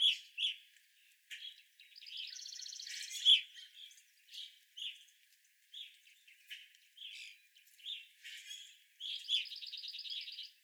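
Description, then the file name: Evening grosbeak calls, chirps at irregular intervals, mixed with two buzzy trills. Evening grosbeaks recorded on 25 April 2021. "2021-04-25 Evening Grosbeaks"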